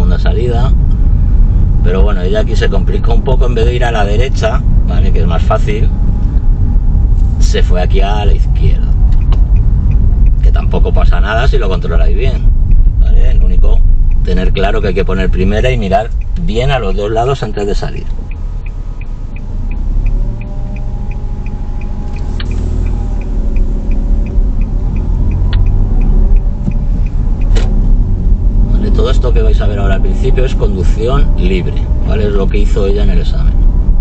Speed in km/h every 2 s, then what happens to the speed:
27, 27, 28, 27, 24, 23, 19, 11, 5, 0, 0, 0, 11, 15, 20, 29, 30.
0-5 steady at about 27. 5-17 slows to 0. 17-22 standing. 22-30 pulls away to 29.